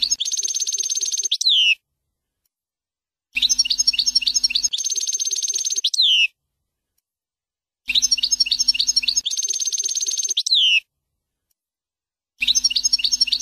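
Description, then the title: European goldfinch song: a bright, tinkling twitter with a buzzy middle section, the same phrase recurring about every four and a half seconds, with a low hum beneath. "Chant Chardonneret"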